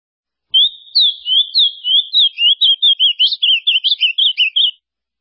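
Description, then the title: Ultramarine grosbeak singing one rich whistled phrase, slow slurred notes at first, then a faster run of bright up-and-down twitters before it stops abruptly. "Azulao"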